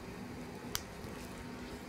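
A green plastic arteriotomy locator tube is slid through the sheath of an Angio-Seal VIP vascular closure device until it locks at the end. Against a low, steady background, a single sharp click is heard at 0.8 s. It confirms the locator is seated in the correct position.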